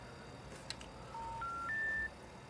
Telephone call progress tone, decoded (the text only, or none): special information tone